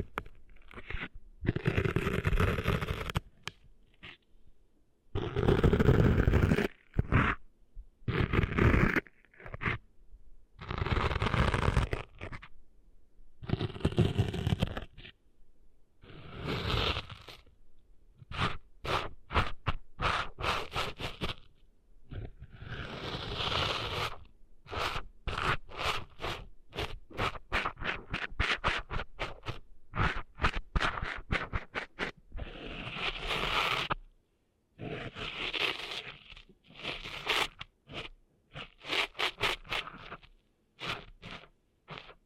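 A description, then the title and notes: Someone is cleaning sand out of their ears, heard as rough scratching and scraping in uneven bursts. The strokes come in quick clusters separated by brief silences, some longer and louder, with gritty crackling throughout and no steady background. ASMR Cleaning Sand Out of Your Ears (No Talking).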